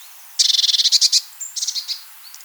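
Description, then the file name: Eurasian blue tit song: a fast, even trill of about a dozen high, bright notes, followed by a shorter, softer trill and a thin closing note. "blaumeise"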